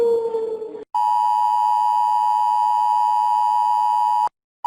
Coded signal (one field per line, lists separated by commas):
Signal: Emergency Alert System (SAME) tones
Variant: 853 and 960 Hz attention tone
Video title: EAS Alarms of the World